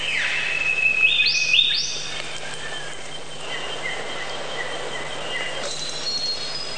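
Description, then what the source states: Bird calls, a loud high note followed by two quick rising whistles, then softer repeated notes and a faint high tone over background hiss. Many different bird sounds.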